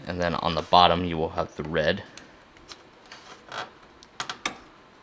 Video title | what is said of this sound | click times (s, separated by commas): 82-92 Camaro New LED Headlights from Starbuck Innovative Designs Super Bright | and there they're all locked in now | 4.5 s